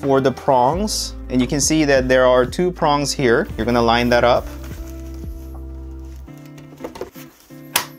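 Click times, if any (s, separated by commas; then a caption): 7.8 s. Someone talks over background music while the two prongs on the stand arm are lined up with the holes on the back of a Dell UltraSharp 27-inch U2724D monitor panel, and the panel is pushed on. A few faint taps come first, then a sharp, loud click at 7.8 s as the panel locks onto the arm. A release button under the arm frees it again.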